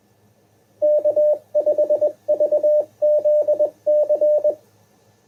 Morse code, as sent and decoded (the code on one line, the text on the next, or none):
-.- ..... ...- --.. -.-.
K5VZC